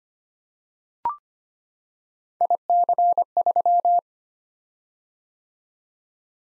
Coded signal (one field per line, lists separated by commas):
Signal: Morse code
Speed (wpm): 25 wpm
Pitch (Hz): 700 Hz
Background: none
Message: IC3